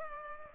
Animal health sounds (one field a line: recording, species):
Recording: mosquito wingbeat signal from an infrared sensor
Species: Culex pipiens